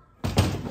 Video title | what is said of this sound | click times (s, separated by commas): Join us on Photo Booth Assembly Line! - Adding and removing the screen (surface pro) | tripod or something this is the adapter for that so it just pops right in | 0.4 s